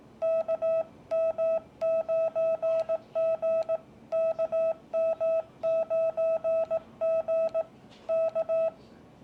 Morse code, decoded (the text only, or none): KM9G KM9G K